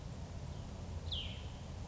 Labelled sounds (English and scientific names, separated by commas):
Cassin's Vireo (Vireo cassinii)